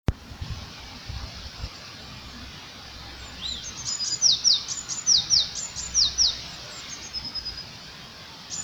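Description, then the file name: Eurasian blue tit singing one run of high, sharply falling notes, several in quick rhythmic succession, over a soft background hiss. "Cyanistes caeruleus"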